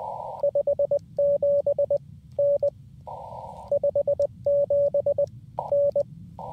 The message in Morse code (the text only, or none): 57 N 57 N